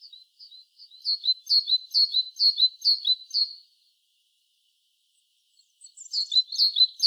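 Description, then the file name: Great tit calling: a steady series of sharp, high chirps, a few seconds of quiet, then the chirping starts again. "Parus major"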